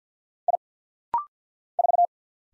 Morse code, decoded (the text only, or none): I 4